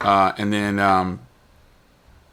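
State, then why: Not seated. A plastic stylus is being pushed back into its silo in a TCL Stylus 5G phone, where a small magnet at the bottom pulls it the last part of the way. Someone talks for about the first 1.2 seconds, followed by near silence. Nothing has seated or clicked yet.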